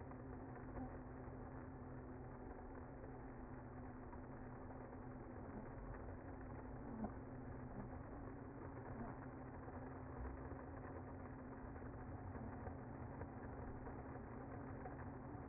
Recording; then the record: honeybee colony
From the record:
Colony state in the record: active